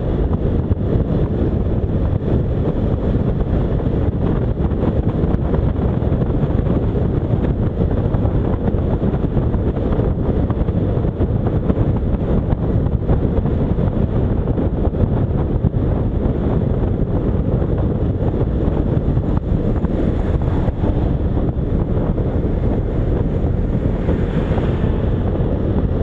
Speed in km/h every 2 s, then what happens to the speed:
51, 55, 55, 55, 55, 54, 51, 49, 49, 48, 46, 45, 46.
0-9 steady at about 55. 9-21 slows to 45.